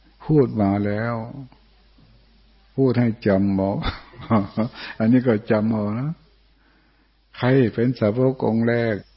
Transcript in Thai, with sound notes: พูดมาแล้วพูดให้จำเอา (หัวเราะ) อันนี้ก็จำเอานะใครเป็นสาวกองค์แรก